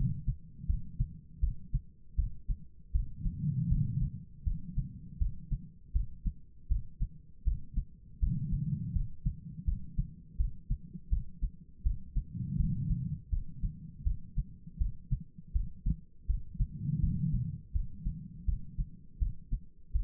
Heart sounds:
heart sounds by stethoscope; 81 bpm
0.67 s: heartbeat
1.40 s: heartbeat
2.16 s: heartbeat
2.92 s: heartbeat
3.69 s: heartbeat
4.44 s: heartbeat
5.19 s: heartbeat
5.93 s: heartbeat
6.68 s: heartbeat
7.44 s: heartbeat
8.20 s: heartbeat
8.93 s: heartbeat
9.65 s: heartbeat
10.37 s: heartbeat
11.10 s: heartbeat
11.83 s: heartbeat
12.57 s: heartbeat
13.30 s: heartbeat
14.04 s: heartbeat
14.78 s: heartbeat
15.53 s: heartbeat
16.27 s: heartbeat
17.00 s: heartbeat
17.73 s: heartbeat
18.46 s: heartbeat
19.19 s: heartbeat
19.92 s: heartbeat
From the record:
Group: healthy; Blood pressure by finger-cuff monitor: 113/82 mmHg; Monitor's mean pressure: 95 mmHg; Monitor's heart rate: 81 bpm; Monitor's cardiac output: 4.7 L/min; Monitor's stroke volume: 57 mL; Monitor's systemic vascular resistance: 1500 dyn s/cm5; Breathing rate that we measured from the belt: 14 breaths a minute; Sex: female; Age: 51 years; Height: 162 cm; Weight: 70.04 kg

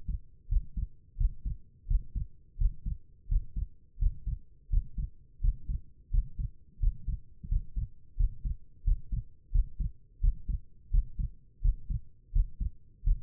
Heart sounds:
heart sounds by stethoscope; 86 bpm
0.48 s: heartbeat
1.17 s: heartbeat
1.87 s: heartbeat
2.58 s: heartbeat
3.28 s: heartbeat
3.98 s: heartbeat
4.70 s: heartbeat
5.41 s: heartbeat
6.10 s: heartbeat
6.80 s: heartbeat
7.48 s: heartbeat
8.17 s: heartbeat
8.84 s: heartbeat
9.52 s: heartbeat
10.21 s: heartbeat
10.91 s: heartbeat
11.62 s: heartbeat
12.33 s: heartbeat
13.04 s: heartbeat
From the record:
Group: healthy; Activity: Valsalva maneuver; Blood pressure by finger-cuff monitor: 97/71 mmHg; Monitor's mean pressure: 76 mmHg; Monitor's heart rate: 86 bpm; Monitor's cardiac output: 5.8 L/min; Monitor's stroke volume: 67 mL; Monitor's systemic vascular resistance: 940 dyn s/cm5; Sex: female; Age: 22 years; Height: 163 cm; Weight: 67.1 kg

